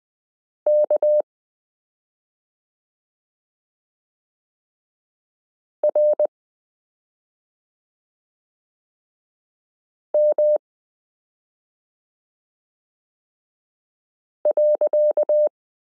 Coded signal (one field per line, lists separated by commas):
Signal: Morse code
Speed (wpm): 20 wpm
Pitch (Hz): 600 Hz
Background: none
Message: K R M .